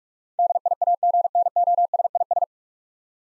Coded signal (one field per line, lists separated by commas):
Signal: Morse code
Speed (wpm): 44 wpm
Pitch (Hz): 700 Hz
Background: none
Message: DIAGNOSIS